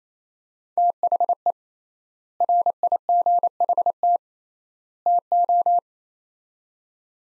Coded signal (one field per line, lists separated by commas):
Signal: Morse code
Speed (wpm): 28 wpm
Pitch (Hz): 700 Hz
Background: none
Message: THE RIGHT TO